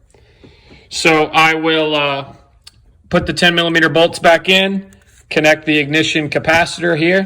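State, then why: Not seated. A man talks while handling the wiring connector for the ignition capacitor on a 2015 6.4L Hemi SRT during a spark plug change, with the ten millimeter bolts going back in. Only speech is heard, with quiet background between phrases. The connector has not yet been plugged into the ignition capacitor, and nothing has seated or clicked yet.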